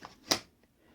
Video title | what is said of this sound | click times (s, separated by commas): Vintage Beacon 225 flash film camera 1958 medium format made in Brooklyn NY USA | it locks and place | 0.3 s